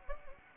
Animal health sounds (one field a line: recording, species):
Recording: mosquito wingbeat signal from an infrared sensor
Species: Anopheles gambiae